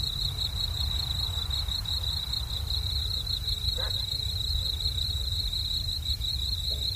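Cricket giving an unbroken high buzzing trill over a steady low rumble.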